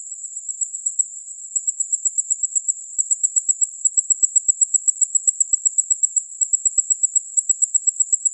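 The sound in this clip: Insect giving a high, thin call of rapid, even pulses, with a few short breaks in the sequence.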